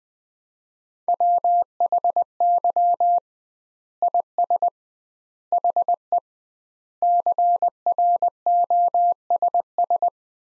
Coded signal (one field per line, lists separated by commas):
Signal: Morse code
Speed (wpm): 20 wpm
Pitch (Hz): 700 Hz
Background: none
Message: WHY IS HE CROSS